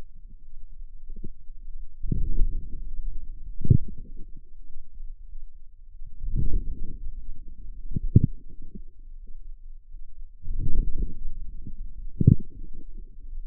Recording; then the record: forearm muscle sounds (acoustic myography)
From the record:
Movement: outward rotation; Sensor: system 2, bracelet of six BSWA MPA416 microphones around the upper forearm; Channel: 4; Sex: female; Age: 23 years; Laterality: right